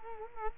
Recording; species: mosquito wingbeat signal from an infrared sensor; Culex quinquefasciatus